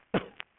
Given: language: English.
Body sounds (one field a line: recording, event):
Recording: throat vibration sensor signal played as sound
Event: cough